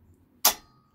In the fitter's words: drops and clicks into place there